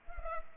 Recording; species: mosquito wingbeat signal from an infrared sensor; Culex pipiens